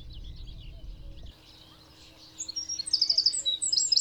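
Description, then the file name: Eurasian wren: high, rapid song entering after a low rumbling noise in the opening seconds, growing louder with sharp chips and trills toward the end. "Troglodytes troglodytes"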